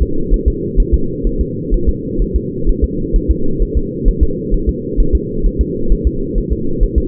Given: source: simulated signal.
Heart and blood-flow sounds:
fetal heart sounds
0.02 s: S2
0.34 s: S1
0.48 s: S2
0.80 s: S1
0.94 s: S2
1.27 s: S1
1.41 s: S2
1.74 s: S1
1.89 s: S2
2.22 s: S1
2.36 s: S2
2.69 s: S1
2.84 s: S2
3.16 s: S1
3.31 s: S2
3.62 s: S1
3.77 s: S2
4.08 s: S1
4.23 s: S2
4.54 s: S1
4.69 s: S2
5.00 s: S1
5.15 s: S2
5.46 s: S1
5.61 s: S2
5.92 s: S1
6.07 s: S2
6.38 s: S1
6.52 s: S2
6.83 s: S1
6.98 s: S2
From the record:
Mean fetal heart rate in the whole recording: 130 bpm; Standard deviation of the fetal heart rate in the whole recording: 4 bpm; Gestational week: 38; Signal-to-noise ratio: -8.1 dB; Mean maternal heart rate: 72 bpm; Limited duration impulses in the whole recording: present

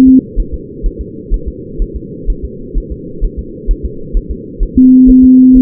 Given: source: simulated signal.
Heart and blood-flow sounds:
fetal heart sounds
0.08 s: S2
0.40 s: S1
0.54 s: S2
0.86 s: S1
1.01 s: S2
1.34 s: S1
1.48 s: S2
1.82 s: S1
1.96 s: S2
2.30 s: S1
2.44 s: S2
2.78 s: S1
2.92 s: S2
3.25 s: S1
3.39 s: S2
3.71 s: S1
3.85 s: S2
4.17 s: S1
4.31 s: S2
4.63 s: S1
4.78 s: S2
5.10 s: S1
5.24 s: S2
5.57 s: S1
From the record:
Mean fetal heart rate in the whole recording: 130 bpm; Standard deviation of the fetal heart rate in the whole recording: 4 bpm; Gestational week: 38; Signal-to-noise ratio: -4.3 dB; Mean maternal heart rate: 72 bpm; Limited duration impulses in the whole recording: present

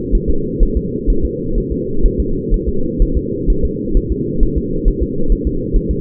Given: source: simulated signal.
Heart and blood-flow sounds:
fetal heart sounds
0.15 s: S1
0.30 s: S2
0.63 s: S1
0.77 s: S2
1.10 s: S1
1.25 s: S2
1.58 s: S1
1.72 s: S2
2.06 s: S1
2.20 s: S2
2.54 s: S1
2.69 s: S2
3.02 s: S1
3.17 s: S2
3.50 s: S1
3.65 s: S2
3.97 s: S1
4.12 s: S2
4.43 s: S1
4.58 s: S2
4.88 s: S1
5.03 s: S2
5.32 s: S1
5.47 s: S2
5.76 s: S1
5.91 s: S2
From the record:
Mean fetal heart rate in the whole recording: 130 bpm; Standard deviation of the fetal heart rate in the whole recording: 4 bpm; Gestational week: 38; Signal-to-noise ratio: -8.1 dB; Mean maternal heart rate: 72 bpm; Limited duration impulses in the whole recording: absent

